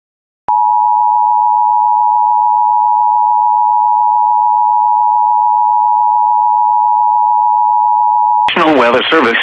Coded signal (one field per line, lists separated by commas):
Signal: Emergency Alert System (SAME) tones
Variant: 853 and 960 Hz attention tone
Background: speech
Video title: EAS Alerts I Missed on 7/7/24